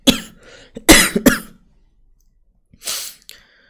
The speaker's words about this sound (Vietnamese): Mình ho thì mình đọc là mình cố nhịn đấy, mình ho mà.